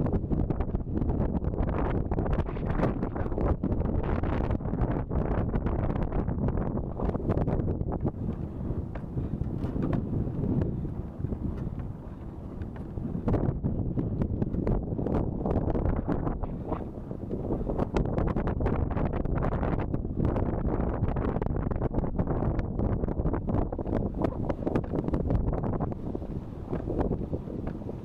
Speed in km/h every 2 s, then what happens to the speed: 18, 18, 16, 15, 15, 14, 13, 13, 13, 13, 13, 14, 14, 15.
0-28 steady at about 14.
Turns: none.